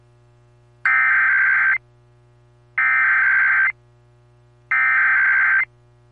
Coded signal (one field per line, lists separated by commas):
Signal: Emergency Alert System (SAME) tones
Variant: header bursts